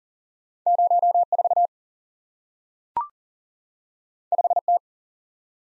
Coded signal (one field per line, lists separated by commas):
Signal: Morse code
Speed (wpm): 41 wpm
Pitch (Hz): 700 Hz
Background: none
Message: 04 5T